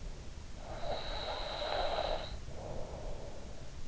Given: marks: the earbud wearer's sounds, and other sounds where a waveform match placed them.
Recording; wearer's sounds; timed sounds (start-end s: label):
sounds in sleep by an in-ear microphone; snoring breath
0.63-3.56 s: snoring breath